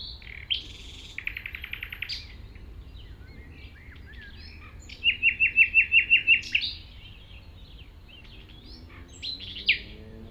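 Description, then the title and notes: Common nightingale song: a rapid buzzy pulsed series, then several loud, evenly repeated notes, then brief varied phrases, with a faint low hum throughout. Singing in tall grass at Chindrieux, France, approached on foot by the recordist; deaf to outside noise while singing. "195 Rue de Vars, 73310 Chindrieux, France - approche d'un rossignol. Je marche dans les herbes hautes pour approcher un rossignol, quand il chante il est sourd aux bruits extérieurs"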